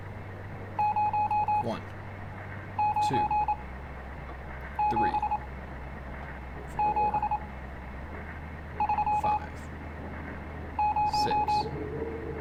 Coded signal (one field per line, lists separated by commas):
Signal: Morse code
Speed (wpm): 27 wpm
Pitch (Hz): 840 Hz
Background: speech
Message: 097730